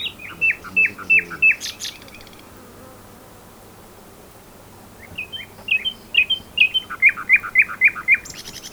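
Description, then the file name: Common nightingale song: a phrase of repeated sharp notes near the start, then after a pause a phrase of varied notes building into a fast repeated series. "Luscinia megarhynchos"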